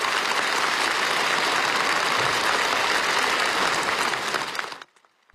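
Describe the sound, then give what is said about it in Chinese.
Dense, sustained applause from a large crowd of deputies at the National People's Congress in Beijing, as newly elected Vice President Wang Qishan bows to them. A steady roar of many hands clapping at even loudness for nearly five seconds, then cutting off abruptly into silence. No voices are heard. “在掌声中，新当选的国家副主席王岐山向代表们鞠躬致意，习近平同他亲切握手，向他表示祝贺。”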